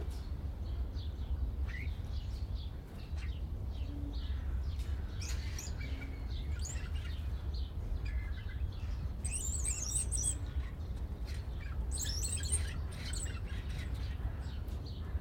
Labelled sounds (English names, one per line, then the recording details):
Wattled Starling
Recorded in captivity
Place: Zoo Berlin, Berlin, DE
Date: 1995-03-14 14:30
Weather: bedeckt, -1°C, böiger Wind
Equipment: Sony WM-D6C, Sennheiser ME 80, Kopie Uher Variocord 263
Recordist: Tembrock, Günter